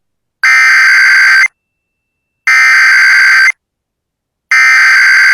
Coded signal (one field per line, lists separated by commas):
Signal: Emergency Alert System (SAME) tones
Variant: header bursts